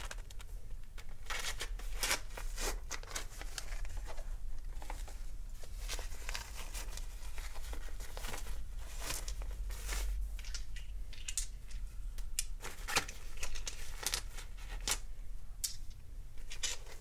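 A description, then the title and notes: Clothes rustle and brush in short, frequent bursts over a low steady rumble, with crisp scraping strokes recurring irregularly throughout. ASMR — Reiki Aura Energy Cutting with Gemstones and Smoke.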